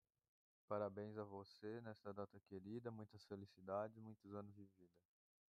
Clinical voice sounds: short text; Brazilian Portuguese; female; 20 to 29 years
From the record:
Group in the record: control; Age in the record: 29 years

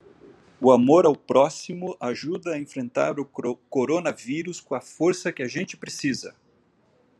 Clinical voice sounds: spoken sentence; Brazilian Portuguese; male; 50 to 59 years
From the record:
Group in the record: control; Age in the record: 53 years

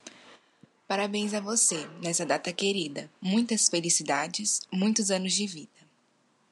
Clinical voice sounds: short text; Brazilian Portuguese; female; 20 to 29 years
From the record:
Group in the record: control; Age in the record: 20 years

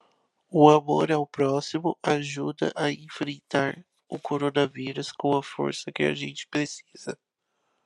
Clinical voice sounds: spoken sentence; Brazilian Portuguese; male; 20 to 29 years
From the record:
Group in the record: control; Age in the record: 26 years

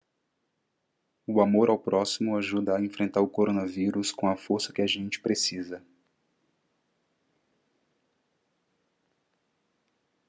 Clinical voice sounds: spoken sentence; Brazilian Portuguese; male; 30 to 39 years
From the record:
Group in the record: control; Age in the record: 33 years

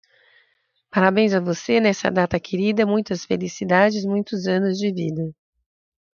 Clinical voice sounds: short text; Brazilian Portuguese; female; 60 to 69 years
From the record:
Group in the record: control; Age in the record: 63 years

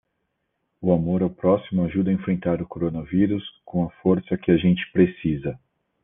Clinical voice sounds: spoken sentence; Brazilian Portuguese; male; 40 to 49 years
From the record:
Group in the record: control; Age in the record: 40 years

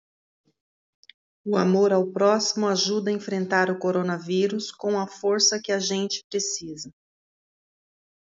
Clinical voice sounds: spoken sentence; Brazilian Portuguese; female; 40 to 49 years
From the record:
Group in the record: control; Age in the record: 47 years

